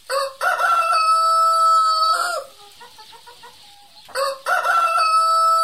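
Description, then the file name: Rooster crowing: a long, steady cock-a-doodle-doo lasting about two seconds, soft clucking notes, then a second crow begins. "kogut"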